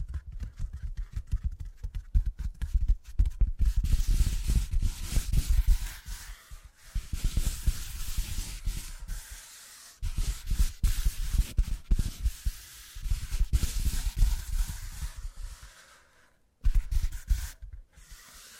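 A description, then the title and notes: Quick tapping sounds in dense bursts, with a soft, hollow knock low down and a crisp, bright edge on top. The tapping runs in stretches of a few seconds, broken by short silences near 7, 10, and 16 seconds. ASMR Brain Tingly Tapping Sounds for Sleep (No Talking).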